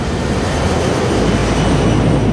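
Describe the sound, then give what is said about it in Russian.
A loud, steady roar of an airplane taking off from an airport runway, a dense, unbroken engine rumble with a heavy low end that holds constant throughout, with no voices. “самолет взлетает.”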